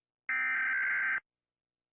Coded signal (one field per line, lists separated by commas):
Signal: Emergency Alert System (SAME) tones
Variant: header bursts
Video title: Rating EAS alarms